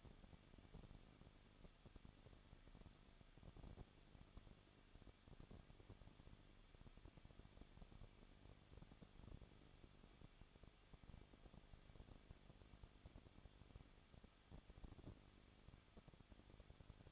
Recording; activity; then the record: daily activity, microphone in the room; no activity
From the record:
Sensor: 4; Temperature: 23.1 degrees Celsius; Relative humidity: 34.3%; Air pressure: 1007.2 hPa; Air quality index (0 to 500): 215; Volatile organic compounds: 15 ppm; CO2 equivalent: 2490 ppm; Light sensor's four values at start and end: 2/3/1/1 and 2/3/1/1